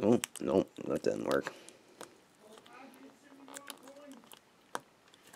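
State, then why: Seated. On an HP Pavilion G7 laptop, a display cable connector is pushed into the LCD panel on a further attempt. Someone talks at the start, followed by faint handling ticks. The connector seats into the panel with a sharp click at 4.8 s.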